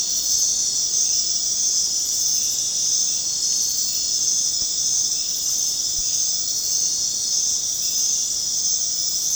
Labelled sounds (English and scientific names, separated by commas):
none